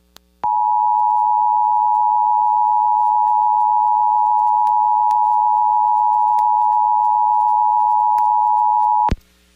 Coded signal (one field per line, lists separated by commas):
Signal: Emergency Alert System (SAME) tones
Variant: 853 and 960 Hz attention tone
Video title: [EAS] WYMY Amber Alert Activation + Station Daisy Chain - 12/9/2023